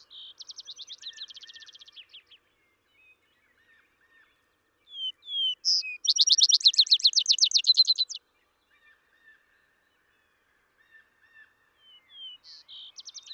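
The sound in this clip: Vesper sparrow songs: a trill ends, then two clear whistled notes introduce a loud, quick trill; another song begins near the end, with faint low notes in between.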